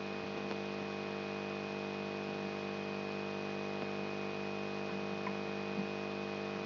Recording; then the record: brain microelectrode recording played as sound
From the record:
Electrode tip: inside the subthalamic nucleus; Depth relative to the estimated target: 0 mm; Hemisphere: right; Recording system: AlphaMap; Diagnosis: Parkinson's disease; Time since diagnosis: 10 years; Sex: male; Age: 56 years